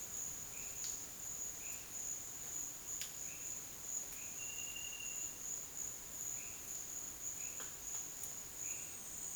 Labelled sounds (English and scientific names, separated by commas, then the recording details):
none
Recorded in dense forest near Puerto Asís, Putumayo, Colombia, on 29 June 2025 at 11:30
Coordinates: 0.484, -76.325
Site H65